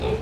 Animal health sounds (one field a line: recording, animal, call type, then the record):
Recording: contact call of a hoofed animal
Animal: pig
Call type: closed-mouth grunt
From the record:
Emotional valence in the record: positive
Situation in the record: food and toys in familiar pen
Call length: 0.22 s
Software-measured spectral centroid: 1690 Hz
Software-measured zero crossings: 1160 a second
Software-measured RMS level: -25 dBFS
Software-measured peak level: -14 dBFS